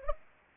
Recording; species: mosquito wingbeat signal from an infrared sensor; Anopheles gambiae